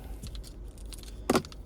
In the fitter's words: and if it goes in and locks, you are pretty much all done.